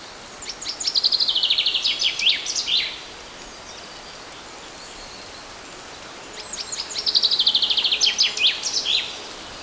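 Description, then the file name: Common chaffinch song, two phrases, each a bright trill that slides downward and ends in a sharp flourish, over steady background hiss. "Fringilla coelebs"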